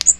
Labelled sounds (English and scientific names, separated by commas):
Magnolia Warbler (Setophaga magnolia) flight call